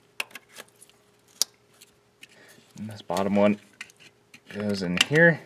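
Plastic engine wiring harness connectors are handled near their sensor/component sockets, with the bottom one lined up last, making sharp light taps and rattles while someone talks. Nothing has seated or clicked in yet.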